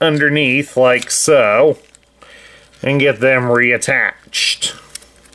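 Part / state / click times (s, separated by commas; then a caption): plastic truck panel into the transforming robot figure body / not seated / none. Someone talks while folding the plastic truck-top panels of a Transformers Legacy Menasor transforming figure back underneath to reattach them to the robot body. Faint plastic handling and rubbing are heard between the speech, with a brief soft knock near 2.0 s and 2.2 s. Nothing has seated or clicked into place yet.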